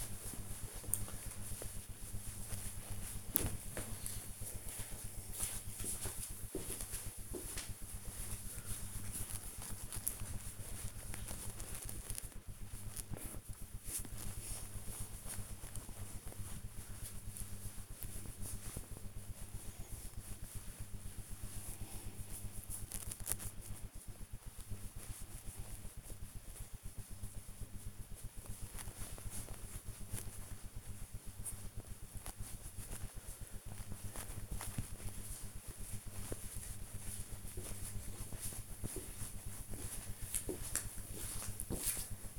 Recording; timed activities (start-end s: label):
household activities, microphone on the right wrist
0.00-42.39 s: petting the dog